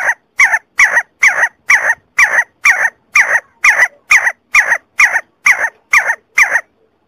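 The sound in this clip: See-see partridge delivering a steady run of loud, grating notes, around two per second.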